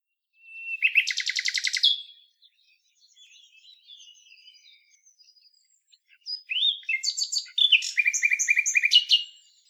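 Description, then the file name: Common nightingale: a loud, rapid trill lasting about a second, quiet scratchy notes, then a vigorous phrase of repeated rich notes. "Luscinia megarhynchos"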